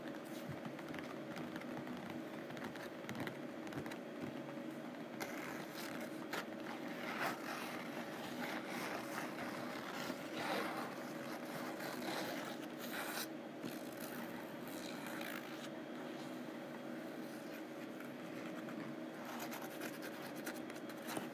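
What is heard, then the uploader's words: Rough canvas is scratched and tapped in a continuous, dense rasping that runs the full length without pauses. The scraping is busy and gritty, with frequent short bright strokes and light taps scattered throughout, and a faint steady low hum underneath. ASMR Rough Canvass: Scratching and Tapping.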